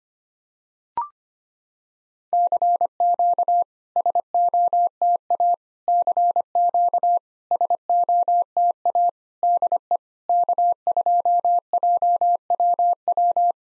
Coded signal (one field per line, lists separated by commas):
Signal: Morse code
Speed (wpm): 25 wpm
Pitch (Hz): 700 Hz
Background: none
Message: CQ SOTA CQ SOTA DE K2JWW